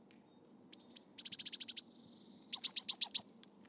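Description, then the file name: Eurasian blue tit singing: a few thin high descending whistles, then a fast trill of repeated high notes, a pause, and another bright trill. "Cyanistes caeruleus"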